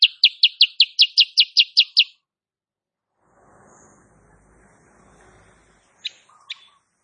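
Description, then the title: Bulbul giving a fast run of about ten sharp, repeated high chirps, followed by a stretch of soft low rumbling noise and two final isolated chirps. Female sooty-headed bulbul (kutilang sutra), singing continuously and rapidly; recording used as master song for training cage birds. "Masteran Kutilang Sutra. Kutilang SUTRA BETINA GACOR nembak RAPAT"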